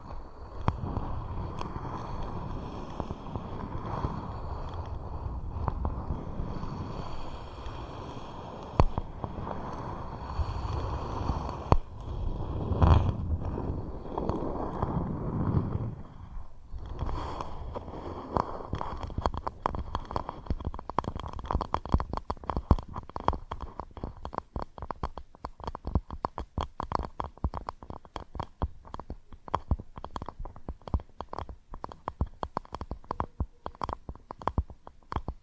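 Scratching and tapping sounds, starting as a dense, low rubbing texture with swells around 12 to 15 seconds and a brief dip near 16 seconds. After about 18 seconds it becomes rapid, crisp tapping and scratching strokes that continue steadily to the end.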